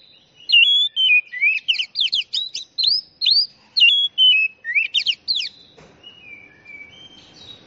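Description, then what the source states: Oriental magpie-robin pouring out a continuous run of loud sliding whistles and sharp chips for about five seconds, then a faint whistle and soft background rustle. Champion singing bird.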